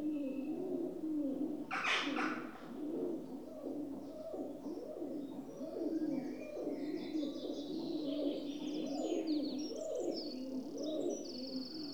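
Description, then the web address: Rock Dove cooing continuously in low overlapping phrases, with a sudden broad rustling burst near two seconds and busy chirping of small birds in the second half. "BBC Sound Effects Library. Rock Dove (Columba Livia) Coos"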